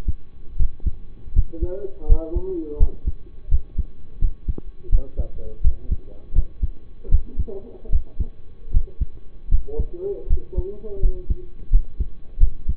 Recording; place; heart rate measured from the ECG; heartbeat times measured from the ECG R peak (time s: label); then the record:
heart sounds by stethoscope; between the tricuspid and mitral areas; 81 bpm
0.56 s: heartbeat
1.33 s: heartbeat
2.06 s: heartbeat
2.77 s: heartbeat
3.48 s: heartbeat
4.18 s: heartbeat
4.89 s: heartbeat
5.61 s: heartbeat
6.33 s: heartbeat
7.09 s: heartbeat
7.89 s: heartbeat
8.71 s: heartbeat
9.48 s: heartbeat
10.27 s: heartbeat
10.99 s: heartbeat
11.69 s: heartbeat
12.38 s: heartbeat
From the record:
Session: rest, lying down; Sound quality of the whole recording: partially saturated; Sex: male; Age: 25 years